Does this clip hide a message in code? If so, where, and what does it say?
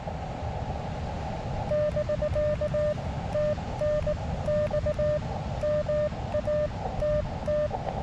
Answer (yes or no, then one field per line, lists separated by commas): yes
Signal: Morse code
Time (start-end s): 1.7-7.7 s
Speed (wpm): 19 wpm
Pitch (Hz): 600 Hz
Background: none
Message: <BK> TNX MATT